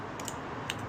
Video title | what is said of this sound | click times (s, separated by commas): GoPro Hero 13 Black — First Look, Features & First Impressions | Lock that on. | 0.3 s, 0.7 s